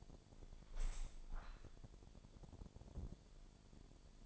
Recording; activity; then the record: daily activity, microphone in the room; open window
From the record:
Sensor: 5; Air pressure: 1006.6 hPa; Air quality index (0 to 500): 190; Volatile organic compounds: 5 ppm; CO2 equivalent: 1812 ppm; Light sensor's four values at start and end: 56/160/62/63 and 56/160/62/63